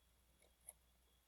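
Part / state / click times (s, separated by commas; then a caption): SD memory card into HMI card slot / seated / 0.7 s. An SD memory card is pushed the last few millimeters into the card slot of an HMI that is powered off. A faint tap sounds near 0.4 s, then a sharp, bright click at 0.7 s as the card latches. The card is seated all the way in.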